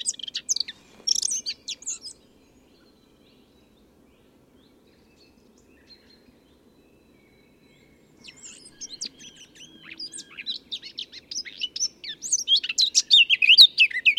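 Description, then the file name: Eurasian blackcap warbling song: a brief scratchy burst at the start, a long pause, then a stream of varied chattering notes growing louder toward the end. "Sylvia atricapilla"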